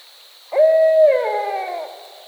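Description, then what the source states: Barred owl calling one strong, even hoot that drops into a long descending, wavering tail, over a constant faint high-pitched background tone. Recorded 2010-10-22.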